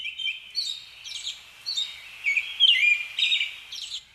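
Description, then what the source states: American robin song: a series of short, clear, warbled phrases with brief pauses between them. Male singing in the dead of night outside a door in Bethlehem, possibly influenced by artificial street lighting; keeps it up for hours.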